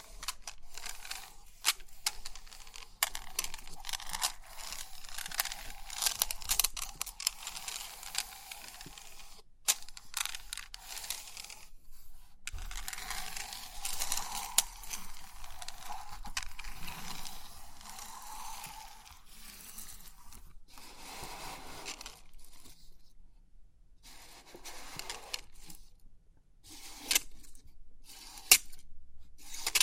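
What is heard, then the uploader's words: Pins of a 3D pin art toy clicking and rattling as they are pressed and shifted. Dense, crisp, bright ticking comes in bursts with sharp accents, broken by short silences near 12 seconds and several more gaps after 20 seconds. Crisp 3D Pin Art Tingles(No Talking).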